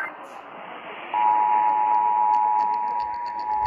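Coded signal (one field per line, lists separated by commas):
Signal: Emergency Alert System (SAME) tones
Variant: 853 and 960 Hz attention tone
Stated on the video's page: Texas required monthly test originated from two AM broadcast stations.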